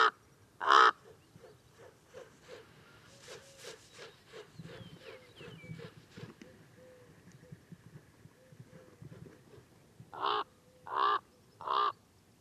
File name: Common Raven - Corvus corax